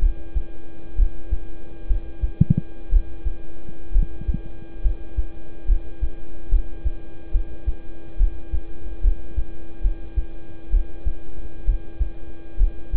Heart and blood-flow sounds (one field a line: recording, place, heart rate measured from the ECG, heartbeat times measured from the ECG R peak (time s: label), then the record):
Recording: heart sounds by stethoscope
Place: between the tricuspid and mitral areas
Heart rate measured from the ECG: 67 bpm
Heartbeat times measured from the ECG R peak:
0.95 s: heartbeat
1.87 s: heartbeat
2.89 s: heartbeat
3.92 s: heartbeat
4.81 s: heartbeat
5.65 s: heartbeat
6.49 s: heartbeat
7.31 s: heartbeat
8.17 s: heartbeat
9.01 s: heartbeat
9.81 s: heartbeat
10.70 s: heartbeat
11.65 s: heartbeat
12.57 s: heartbeat
From the record:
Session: rest, lying down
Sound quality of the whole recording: good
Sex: male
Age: 26 years